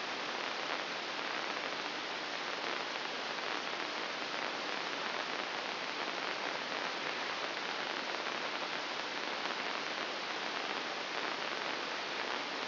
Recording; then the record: brain microelectrode recording played as sound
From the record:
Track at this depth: inside the subthalamic nucleus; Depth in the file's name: 2.205 mm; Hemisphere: right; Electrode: 2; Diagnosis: Parkinson's disease